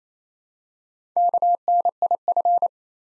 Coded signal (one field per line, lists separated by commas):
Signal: Morse code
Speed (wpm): 27 wpm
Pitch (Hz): 700 Hz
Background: none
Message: KNIF